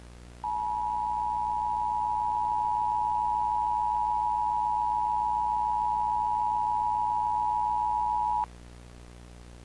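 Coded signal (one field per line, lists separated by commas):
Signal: Emergency Alert System (SAME) tones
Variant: 853 and 960 Hz attention tone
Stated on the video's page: A fictional analog-horror EAS scenario that may contain valid EAS tones.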